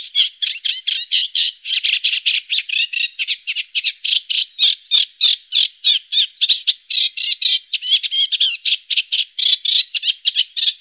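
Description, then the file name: Eurasian reed warbler song, a fast, steady chatter of harsh churring notes continuing without pause throughout. "Rorsangare"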